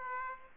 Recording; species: mosquito wingbeat signal from an infrared sensor; Aedes aegypti